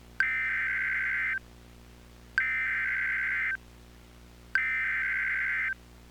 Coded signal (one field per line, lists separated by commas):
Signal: Emergency Alert System (SAME) tones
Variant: header bursts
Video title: EAS - A Rainy Friday